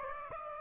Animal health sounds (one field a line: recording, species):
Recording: mosquito wingbeat signal from an infrared sensor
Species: Aedes aegypti